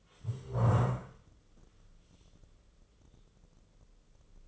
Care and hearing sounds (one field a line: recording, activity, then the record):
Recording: daily activity, microphone in the room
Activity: stand up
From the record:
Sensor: 4